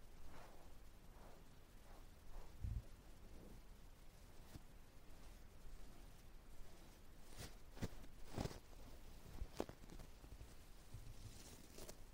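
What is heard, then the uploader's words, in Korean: Ear touching sounds, with fingers brushing and tapping over an ear. A low rustling runs throughout, broken by sharp taps and scrapes, a strong thump near 2.5 seconds and a quick cluster of crisp touches between about 7 and 10 seconds. No talking 말없이 귀에 먼지 털어내기 ear touching sound.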